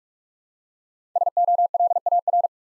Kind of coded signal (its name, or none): Morse code